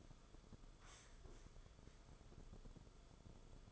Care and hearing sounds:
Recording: daily activity, microphone in the room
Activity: sit down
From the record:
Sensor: 5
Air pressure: 994.5 hPa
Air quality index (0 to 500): 182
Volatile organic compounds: 1000 ppm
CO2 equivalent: 5327 ppm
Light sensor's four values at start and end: 19/47/19/22 and 15/37/15/17

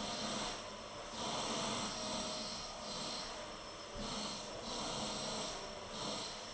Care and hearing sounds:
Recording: daily activity, microphone in the room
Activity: vacuum cleaning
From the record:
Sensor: 4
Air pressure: 1010.4 hPa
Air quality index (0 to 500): 179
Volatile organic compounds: 5 ppm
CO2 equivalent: 1813 ppm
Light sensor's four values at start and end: 33/98/38/38 and 33/98/38/38

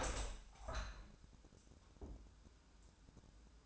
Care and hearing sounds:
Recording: daily activity, microphone in the room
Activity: open window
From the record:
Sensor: 2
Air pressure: 1000.4 hPa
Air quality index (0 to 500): 126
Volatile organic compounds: 2 ppm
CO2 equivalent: 1056 ppm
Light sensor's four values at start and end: 11/31/12/14 and 12/32/12/14

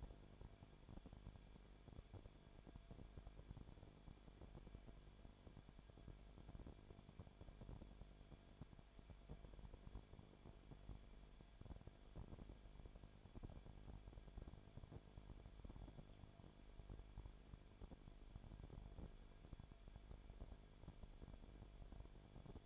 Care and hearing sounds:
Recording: daily activity, microphone in the room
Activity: no activity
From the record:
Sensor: 5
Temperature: 19.8 degrees Celsius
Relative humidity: 33.3%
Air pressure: 1001.4 hPa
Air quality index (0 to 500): 31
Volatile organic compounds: 1 ppm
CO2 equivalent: 524 ppm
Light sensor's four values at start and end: 2/3/1/1 and 2/3/1/1

